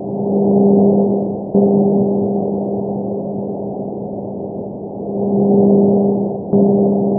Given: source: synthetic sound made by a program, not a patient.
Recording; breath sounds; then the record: synthetic breath sounds; bronchial breath sounds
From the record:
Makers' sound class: normal breath sounds